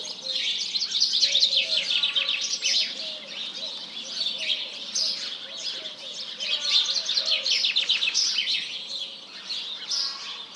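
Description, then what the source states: House Sparrow: loud, unbroken chirping from a large flock of House Sparrows, rising and falling in waves. Large flock calling in the morning; recorded 1 March 2007 at 07:30.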